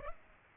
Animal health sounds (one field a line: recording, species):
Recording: mosquito wingbeat signal from an infrared sensor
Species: Aedes aegypti